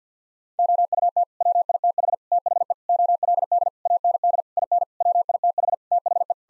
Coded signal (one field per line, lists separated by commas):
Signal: Morse code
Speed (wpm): 45 wpm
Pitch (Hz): 700 Hz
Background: none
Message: OUT WITH THE OLD AND IN WITH THE